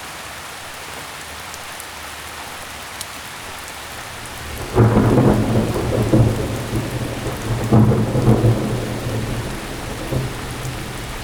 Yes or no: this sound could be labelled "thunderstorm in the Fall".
yes